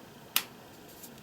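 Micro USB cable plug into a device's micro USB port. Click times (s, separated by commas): 0.4 s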